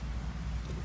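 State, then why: Not seated. A cargo tray slide-out in a garage storage system is being handled as it is pushed in toward its locking position. Only a steady, low, broadband rumble is heard with no distinct impacts. Nothing has seated or clicked yet.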